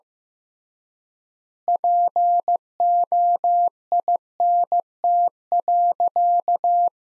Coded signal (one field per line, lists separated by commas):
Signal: Morse code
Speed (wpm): 15 wpm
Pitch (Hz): 700 Hz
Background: none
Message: POINT.